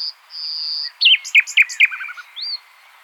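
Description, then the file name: Common nightingale song: a long steady high whistle, then four loud, evenly spaced chirping notes with a dry rattle, ending in a rising whistled slur. "Luscinia megarhynchos"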